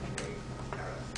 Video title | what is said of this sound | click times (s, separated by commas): Change laptop keyboard DV2000 DV6000-Subodh.flv | And all this just clicked back in place. You'll hear it | 0.2 s, 0.7 s, 1.2 s